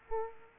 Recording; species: mosquito wingbeat signal from an infrared sensor; Culex quinquefasciatus